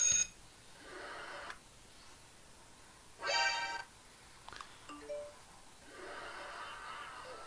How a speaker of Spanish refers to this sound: Ah, timbre de escuela.